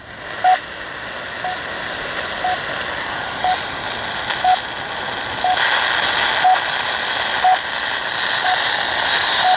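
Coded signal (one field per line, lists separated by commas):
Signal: radio time signal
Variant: RWM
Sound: short beeps each second, about 10, over hissy shortwave static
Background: radio static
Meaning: Each pip marks one second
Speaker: so what you're hearing now is uh four I think it's only 4 Kow it's a low power from Moscow these are the time beeps of the Moscow time signal station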